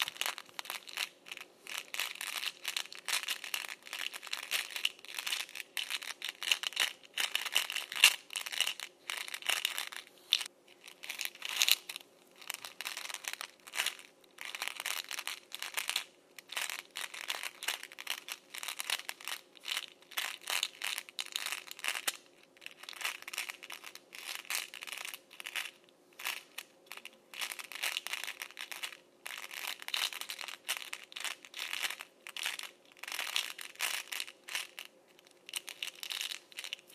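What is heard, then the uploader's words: M&M's roll and rattle inside a can in dense, rapid bursts of bright clicking, with brief pauses, continuing unevenly throughout. M&M’s Rolling in a Can.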